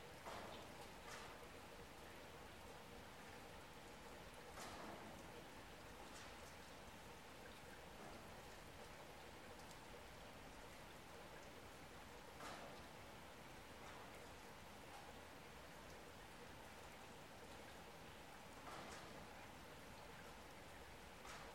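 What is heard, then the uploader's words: Gentle rain patters steadily throughout, a dense, even hiss of drops with no pauses. Brighter individual taps stand out now and then, around 1, 5, 6, 12.5 and 19 seconds, over the constant soft wash. The gentle pitter-patter of raindrops.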